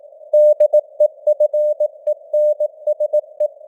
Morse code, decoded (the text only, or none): DEFENSE